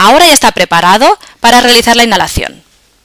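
A Respimat soft-mist inhaler is handled by a nurse, whose clear rotating base is turned toward the red arrow until it clicks to load the dose. Someone talks throughout. Nothing has seated or clicked yet.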